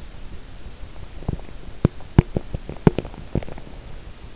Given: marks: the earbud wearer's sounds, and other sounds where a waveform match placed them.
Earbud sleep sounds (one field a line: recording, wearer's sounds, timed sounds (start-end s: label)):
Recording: sounds in sleep by an in-ear microphone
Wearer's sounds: teeth grinding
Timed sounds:
0.94-4.36 s: teeth grinding